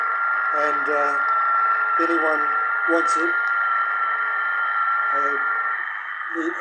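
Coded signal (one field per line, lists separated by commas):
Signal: FT8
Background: speech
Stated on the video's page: FT8 sent using minimal hardware.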